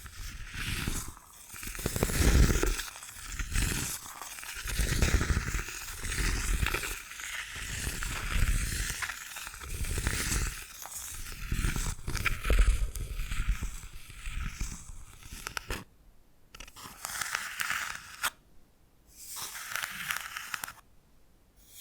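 Bamboo being scratched and brushed in rough, bright strokes with low thumps, dense for fifteen seconds, then sparser with brief silent gaps near the end.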